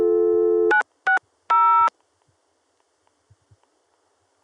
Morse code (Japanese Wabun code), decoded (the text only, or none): none